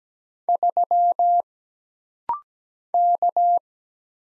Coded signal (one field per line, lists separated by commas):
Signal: Morse code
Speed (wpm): 17 wpm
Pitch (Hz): 700 Hz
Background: none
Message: 3 K